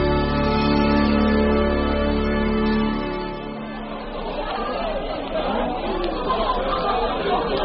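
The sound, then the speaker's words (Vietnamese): A noisy crowd of work teams returning from work, bustling over their meal, fills the air with loud, overlapping chatter and a steady murmur of many voices, with no single speaker standing out. “Những tiếng ầm ầm xôn xao, tôi bò dậy, các toán đi làm về, đầy buồn ồn ào cơm nước.”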